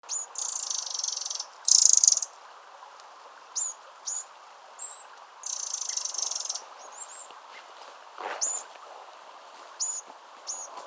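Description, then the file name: Eurasian wren calls: high buzzy rattling bursts and short sharp ticks near the top of the range, interspersed throughout, with a low background hiss. "Troglodytes troglodytes"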